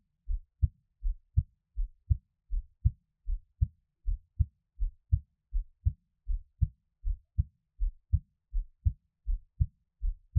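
Steady paired low thumps at about 82 beats a minute in silence, a regular normal adult heartbeat, a person's own heartbeat offered as ASMR.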